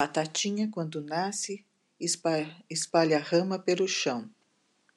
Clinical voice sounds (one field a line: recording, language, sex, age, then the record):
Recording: short text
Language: Brazilian Portuguese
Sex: female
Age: 50 to 59 years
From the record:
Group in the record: control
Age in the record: 59 years